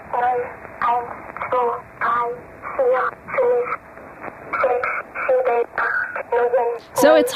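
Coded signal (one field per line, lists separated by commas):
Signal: numbers station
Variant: Swedish Rhapsody, German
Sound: high, childlike voice reading short words evenly over a narrow, tinny radio channel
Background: radio static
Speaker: hard to hear but it's definitely numbers yeah it's German numbers oh it's German numbers yeah it sounds like a Child Swedish Swedish Rap City Yep this is the Swedish Rap City station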